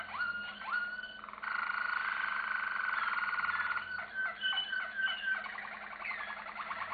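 Canary song: a few rising notes, then a long sustained buzzy roll at one pitch, followed by quick repeated upslurred notes and a final rising sweep.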